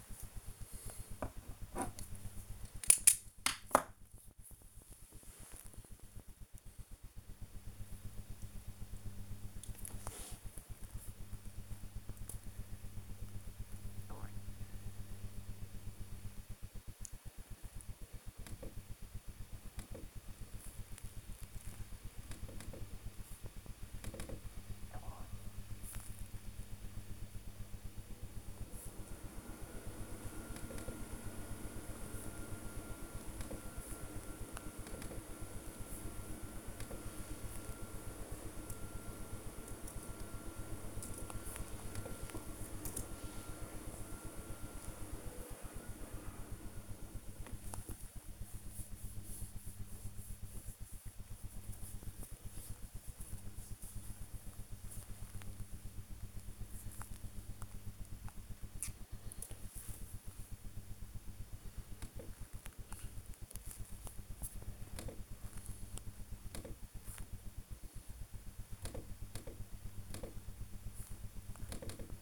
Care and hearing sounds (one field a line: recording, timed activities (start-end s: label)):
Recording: household activities, microphone on the right wrist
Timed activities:
0.00-72.21 s: working on the computer